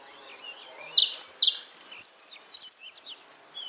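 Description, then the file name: European robin song: one short, bright phrase of high, falling notes in the first second and a half, followed by faint scattered chips. "Erithacus rubecula"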